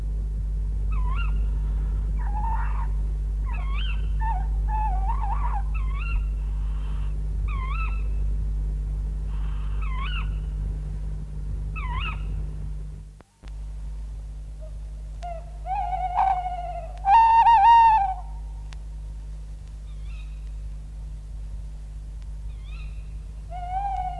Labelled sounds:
Tawny Owl call
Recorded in captivity
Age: adult
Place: Zoo Hannover, Niedersachsen, DE
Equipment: Halbspur, 9,5 cm/s
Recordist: Lütgens, Hans
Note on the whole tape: Mehrere Altvögel

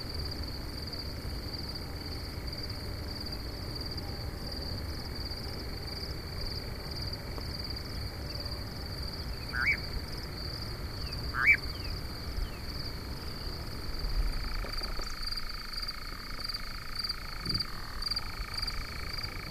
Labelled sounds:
Eurasian Nightjar
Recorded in the wild
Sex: pair
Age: adult
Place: Schönow, Naturpark Barnim, Brandenburg, DE
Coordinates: 52.6931, 13.5006
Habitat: heather
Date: 2013-06-07 22:23
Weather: clear, windless, 15°C
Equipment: Sound Devices 702, Sennheiser MKH 70, Rycote Windschutz
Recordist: Frommolt, Karl-Heinz

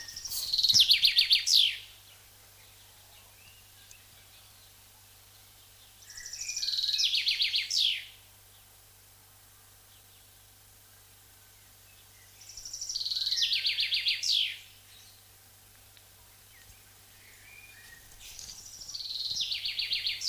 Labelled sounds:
Common Chaffinch song
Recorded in the wild
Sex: male
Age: adult
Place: Schönholzer Heide, Berlin, DE
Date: 1999-05-16 13:20
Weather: fair, 13 - 14°C
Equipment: Sony MD-WM MZ-R3, Sennheiser MKH 416 T, Kopie Uher 4000 Report Monitor
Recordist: Tembrock, Günter

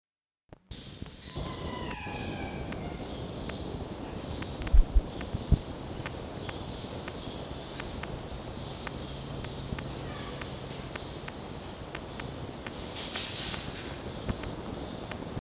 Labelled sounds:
Red Fox
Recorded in captivity
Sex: pair
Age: adult
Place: Zoologisches Institut der HUB, Berlin, DE
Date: 1953-05-20 18:05
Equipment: Elmetra
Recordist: Tembrock, Günter
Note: Jupp: Winseln; Fiffi: Winseln

